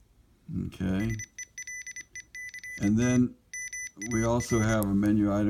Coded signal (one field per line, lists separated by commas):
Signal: Morse code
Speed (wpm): 25 wpm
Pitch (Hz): 2000 Hz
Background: speech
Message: SELECT MAR